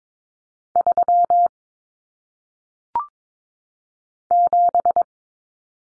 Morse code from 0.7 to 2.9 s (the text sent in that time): 3